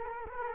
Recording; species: mosquito wingbeat signal from an infrared sensor; Culex quinquefasciatus